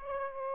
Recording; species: mosquito wingbeat signal from an infrared sensor; Aedes aegypti